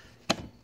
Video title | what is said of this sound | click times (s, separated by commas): 1990 to 2005 Buick Century turn signal problem fixed | This snaps right in there. | 0.3 s